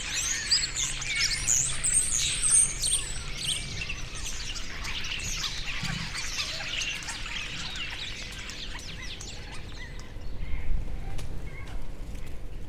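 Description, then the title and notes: Starlings chattering together, a thick tangle of squeaky whistles and chirps that thins out near the end, over low background rumble. Flock resting together in trees in the afternoon, Alt Empordà. "Estorninos En Alt Empordà. Por la tarde los estorninos descansan en los árboles y como siempre, lo hacen todos juntos"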